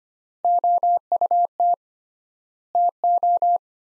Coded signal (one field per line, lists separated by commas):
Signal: Morse code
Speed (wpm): 25 wpm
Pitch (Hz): 700 Hz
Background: none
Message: OUT TO